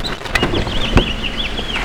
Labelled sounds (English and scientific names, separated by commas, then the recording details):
House Finch (Haemorhous mexicanus) song
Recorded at West Islip on Long Island, New York, on 18 May 2013
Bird J